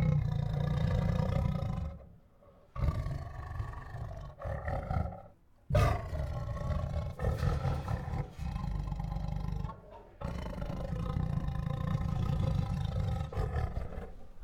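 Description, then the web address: Tiger growling in long, deep rumbling bouts with harmonic moans, broken by brief pauses near two, five and ten seconds. Restless tiger producing growls, huffs, moans and roars. "Sound Ideas Tigers"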